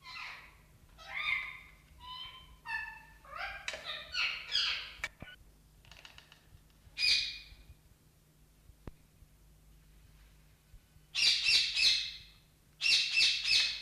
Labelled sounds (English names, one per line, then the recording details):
Rose-ringed Parakeet call
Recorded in captivity
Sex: male
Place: Ruhr-Zoo Gelsenkirchen, Nordrhein-Westfalen, DE
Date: 1971-01-30
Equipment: Halbspur, 9,5 cm/s
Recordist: Lütgens, Hans